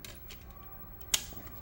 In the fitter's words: make sure that pops in so it doesn't fall out on you